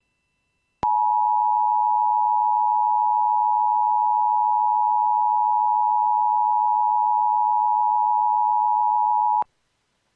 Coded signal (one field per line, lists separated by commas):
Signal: Emergency Alert System (SAME) tones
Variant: 853 and 960 Hz attention tone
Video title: Eas local area emergency ￼ for California ￼(Eas 58)